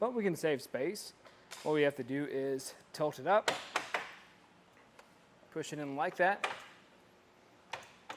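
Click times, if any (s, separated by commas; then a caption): 7.7 s, 8.1 s. A folded Thule Verse two-bike hitch rack on a 2023 Buick Envision is tilted up toward the vehicle and pushed in while someone talks. Its metal tilt latch locks into place with two sharp ticks at 7.7 and 8.1 seconds.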